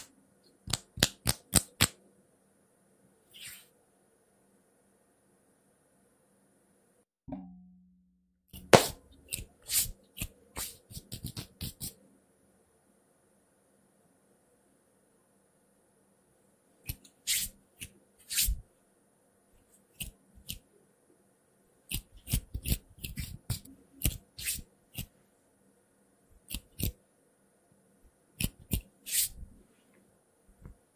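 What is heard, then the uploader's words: Quick, irregular hand sounds: bursts of sharp taps and clicks in fast clusters, separated by silent pauses. Activity comes in spurts near the start, around 8–12 seconds, and from 17 seconds onward, with a brief low thump near 7 seconds. ASMR Fast & unpredictable hand sounds hand movements (No Talking).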